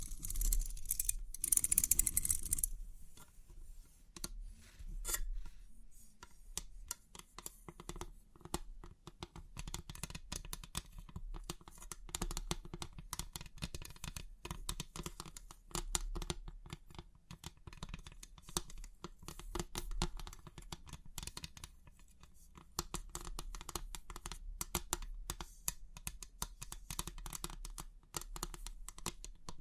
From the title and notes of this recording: Crisp 3D Pin Art Tingles(No Talking).